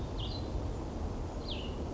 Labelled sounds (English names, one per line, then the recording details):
Cassin's Vireo
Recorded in Sonoma County, California